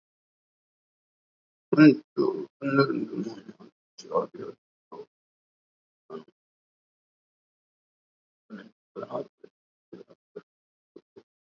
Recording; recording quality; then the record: counting at a fast pace; poor, much background noise or distortion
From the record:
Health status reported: COVID-19 positive, mild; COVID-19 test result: positive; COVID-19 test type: RT-PCR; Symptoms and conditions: cough, cold, sore throat, muscle pain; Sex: male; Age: 30 years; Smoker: no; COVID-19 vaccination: both doses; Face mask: worn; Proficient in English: yes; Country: India